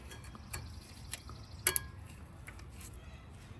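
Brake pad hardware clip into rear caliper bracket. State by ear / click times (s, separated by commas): seated / 1.7 s, 1.8 s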